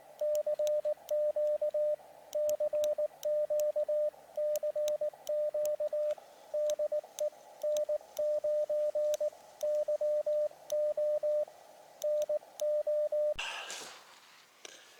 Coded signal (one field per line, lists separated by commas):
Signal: Morse code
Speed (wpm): 19 wpm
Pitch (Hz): 600 Hz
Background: radio noise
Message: CQ CQ CQ DE N9YO NO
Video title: QRP | End Fed vs Inverted Vee Antenna into Tree | POTA First Attempt